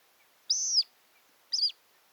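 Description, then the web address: Montagu's harrier calls: two short high whistles about a second apart, the first steady and the second more broken, with a quiet backdrop. "sound montagu's-harrier. صدای-پرنده-سنقر-گندمزار"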